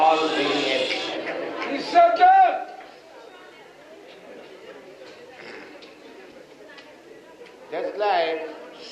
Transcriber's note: still much talking in audience